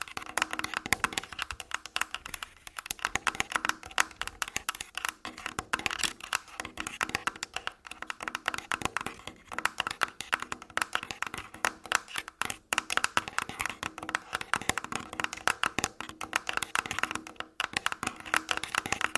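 Fingers tap and scratch across the body in a dense, unbroken flurry for the whole stretch. The hits come fast and irregular, crisp and bright, with brief sharper accents around 12 and 17 seconds and a soft rustling texture filling the gaps.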